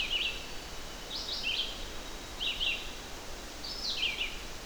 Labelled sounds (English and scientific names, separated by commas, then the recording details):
Red-eyed Vireo (Vireo olivaceus) song
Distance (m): 15 m
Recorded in boreal forest in Alberta, Canada, on 12 June 2016 at 06:37
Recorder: SongMeter 3, array SBT-3-18
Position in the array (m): 237 m, 101 m